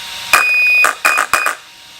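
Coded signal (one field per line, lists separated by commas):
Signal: beep code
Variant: Arrma ESC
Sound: one long high beep followed by two short high beeps, with buzzy noise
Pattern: 1 long, 2 short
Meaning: Punch level is set to 7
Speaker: press again, it's going to be 7. So it's going to be that long beep followed by 2 more.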